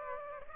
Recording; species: mosquito wingbeat signal from an infrared sensor; Aedes aegypti